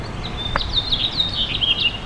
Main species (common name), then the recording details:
House Finch. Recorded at Port Washington on Long Island, New York, on 22 May 2013. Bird B